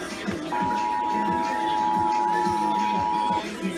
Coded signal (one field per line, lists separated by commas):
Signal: Emergency Alert System (SAME) tones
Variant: 853 and 960 Hz attention tone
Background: speech, music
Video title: Los Angeles Required Monthly Tests (EAS #5372-5427) 11/30/21